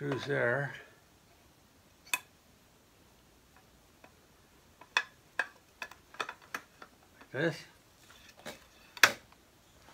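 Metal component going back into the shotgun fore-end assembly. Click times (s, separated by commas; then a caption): 9.0 s. While a Beretta over-under shotgun is reassembled for cleaning, a metal part is pressed back into the fore-end assembly after its knobs are lined up with the screws. Someone talks briefly at the start, followed by a series of small metallic taps and clicks as the part is handled. A sharp metallic snap at 9.0 s marks the part seating back in place.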